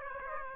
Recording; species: mosquito wingbeat signal from an infrared sensor; Aedes aegypti